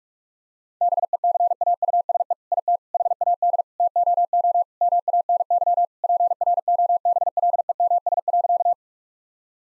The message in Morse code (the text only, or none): BECAUSE IT HAD TOO MANY PROBLEMS.